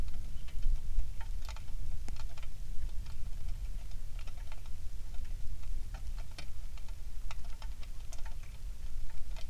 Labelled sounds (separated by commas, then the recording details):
songbird, rain
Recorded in the Prudhoe Bay oil fields, Alaska, on 27 July 2019 at 18:15
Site 19